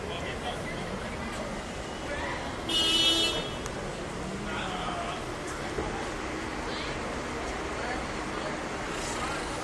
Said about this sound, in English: People are just beeping. People are just trying to get home.